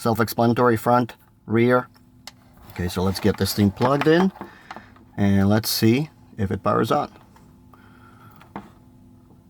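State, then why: Seated. Someone talks while a camera cable plug, keyed with a notch, is pushed into the socket on a replacement Tesla Cybertruck media rearview mirror with dashcam. A few faint ticks follow the talking, then a sharp click at 8.6 s as the connector snaps in and seats.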